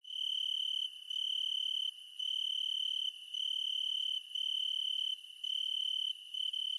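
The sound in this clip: Cricket chirping, a steady high trill broken by short pauses about once a second, continuous and unchanging in pitch.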